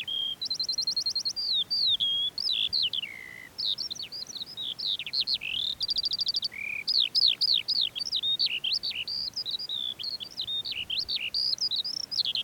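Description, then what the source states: Lark singing continuously: short buzzy trills, gliding whistles and quickly repeated chirps in a bright, unbroken high stream. Perched on a post; recorded 19 June 2021 at 09:48.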